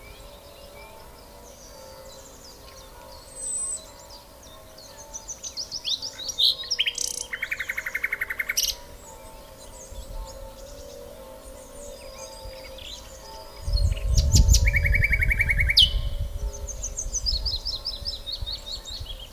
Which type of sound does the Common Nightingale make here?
song